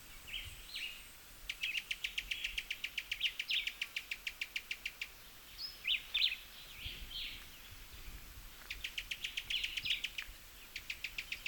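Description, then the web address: Cuban tody calls: fast, dry rattling trains of high clicks, several bursts of a second or more, mixed with short chirpy notes in between, against a soft background hiss. "sound Cuban-tody. صدای-پرنده-تودی-کوبایی"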